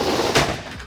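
A Pace Edwards Switchblade retractable tonneau cover on a 2004–2014 Ford F-150 or Raptor truck bed is pulled out along its bed rails by its strap, making a steady, broadband rolling rasp. A loud ratchet-like hit at 0.4 s marks the cover locking into place at its extended position, and the sound then fades out.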